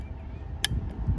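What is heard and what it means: A plug is pushed into a newly replaced charging port on an iPhone X to check the fit, and it snaps in with a single sharp, bright click at 0.7 seconds over a low background rumble. The plug seats fully, clicking right in without needing to be forced.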